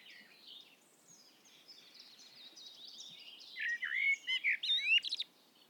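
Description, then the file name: Common blackbird song: faint high twittering at first, then a louder fluty warbled phrase with squeaky high notes during the last two seconds. "Turdus merula"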